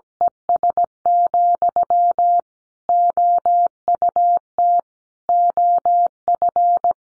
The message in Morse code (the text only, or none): ES, OUT OF